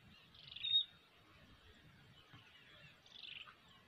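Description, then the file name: Common nightingale giving two faint, separated high notes, one a short thin whistle, with a soft low rumble throughout. "Luscinia megarhynchos"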